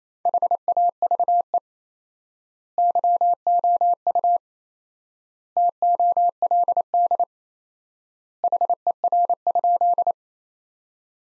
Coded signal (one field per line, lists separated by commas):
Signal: Morse code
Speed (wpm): 28 wpm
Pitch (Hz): 700 Hz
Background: none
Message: HAVE YOU TOLD HER?